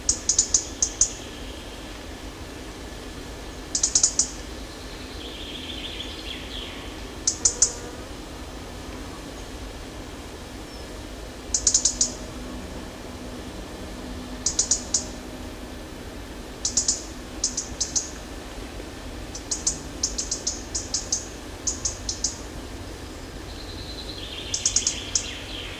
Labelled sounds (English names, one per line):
Common Blackbird